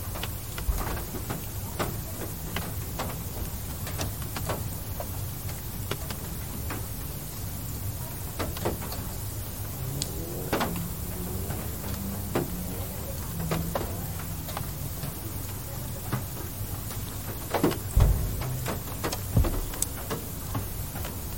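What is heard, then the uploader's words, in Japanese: Light rain at night, a soft steady patter with scattered sharper drips ticking throughout. A low rumble of traffic runs underneath, with a vehicle seeming to pass around ten seconds in, and a few louder knocks near eighteen seconds. 疲れた心を癒してくれる小雨の音 夜 車。DR-07X #TASCAM #オーストラリア #環境音 #バイノーラル。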